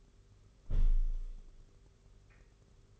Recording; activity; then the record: daily activity, microphone in the room; close window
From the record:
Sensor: 4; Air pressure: 991.1 hPa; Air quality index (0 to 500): 153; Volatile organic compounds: 104 ppm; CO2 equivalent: 3781 ppm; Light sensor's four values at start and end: 6/14/5/6 and 6/14/5/6